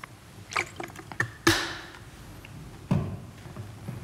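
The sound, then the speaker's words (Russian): Water is poured and drunk in short bursts: a few light clinks and splashes, one sharp sloshing burst, then a quieter gulp, all over a low background hush with no talking. “Сейчас попью неотравленной воды.”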